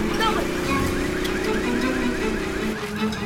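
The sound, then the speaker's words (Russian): A police car alarm blares continuously, its electronic tone sweeping up and down in quick repeated cycles over a steady low rumble, loud throughout the few seconds. “У полицейской машины срабатывает сигнализация.”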